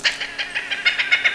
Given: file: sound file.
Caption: note Z4 emitted by a male Lilac-crowned Amazon on final approach within sight of the nest.